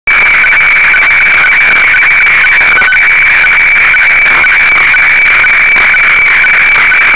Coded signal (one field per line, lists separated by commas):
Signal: weather fax (radiofax)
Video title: IC-PCR1500 KG-FAX Japan Ｗeather FAX 7.7931MHz